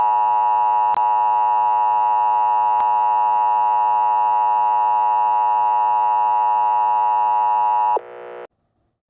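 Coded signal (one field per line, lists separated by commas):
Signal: Emergency Alert System (SAME) tones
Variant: 853 and 960 Hz attention tone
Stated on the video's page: Simulated fictional EAS scenario tones, made for comedy and entertainment.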